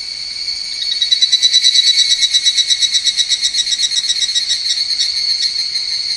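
Higurashi cicada calling in a fast pulsed trill, high and metallic, swelling after a second, then slowly weakening toward the end.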